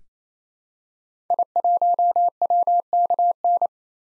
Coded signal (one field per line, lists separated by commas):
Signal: Morse code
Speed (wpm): 28 wpm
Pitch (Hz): 700 Hz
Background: none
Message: I1WKN